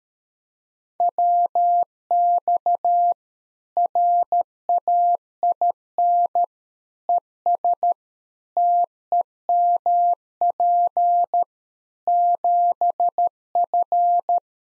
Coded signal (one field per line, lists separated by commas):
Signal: Morse code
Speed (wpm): 13 wpm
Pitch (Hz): 700 Hz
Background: none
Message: WX RAIN ES TEMP 7F